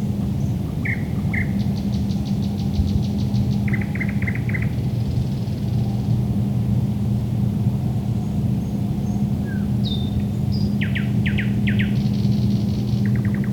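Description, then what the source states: Thrush nightingale song: clicking bursts, rattling trills, a buzzy phrase, whistled slurs and repeated chopping notes, all over a steady low hum and rumble. Recorded at Lohne in 2010.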